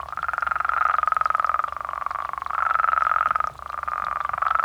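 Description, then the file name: Mexican spadefoot toad giving loud pulsed trilling calls, almost continuous throughout with one brief dip. "Spea multiplicata"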